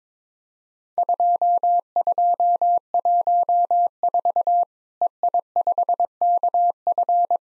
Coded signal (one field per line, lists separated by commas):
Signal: Morse code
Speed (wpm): 22 wpm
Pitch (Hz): 700 Hz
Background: none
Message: 2214 EI5KF